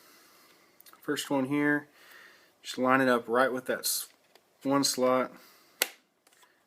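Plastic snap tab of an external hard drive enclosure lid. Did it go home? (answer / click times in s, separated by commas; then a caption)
released / 5.8 s. A guitar pick is pushed into the seam of a Seagate Backup Plus plastic external drive enclosure, which sits upside down, to release the lid's plastic snap tab. Someone talks, then a sharp pop sounds at 5.8 s. The retaining tab pops loose and is released.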